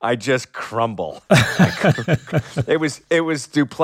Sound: laughter

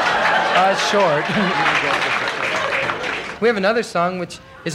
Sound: applause

